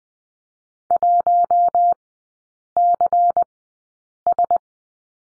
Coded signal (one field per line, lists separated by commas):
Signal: Morse code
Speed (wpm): 20 wpm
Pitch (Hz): 700 Hz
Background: none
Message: 1CS